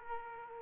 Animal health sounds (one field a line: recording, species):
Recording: mosquito wingbeat signal from an infrared sensor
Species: Aedes aegypti